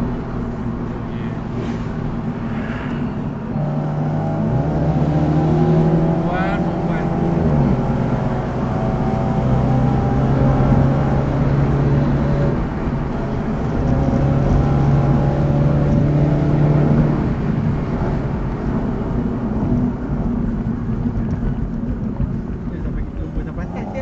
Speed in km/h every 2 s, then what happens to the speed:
91, 81, 83, 97, 102, 104, 108, 107, 112, 103, 70, 41.
0-3 slows to 81. 3-11 speeds up to 108. 11-18 steady at about 107. 18-24 brakes to 41.